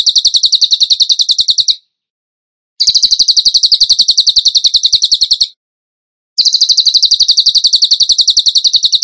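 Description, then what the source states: Bird song: a sequence of high, machine-gun-like trills of rapid even pulses, broken by brief silent gaps. Masteran (training song) in tembakan gacor style.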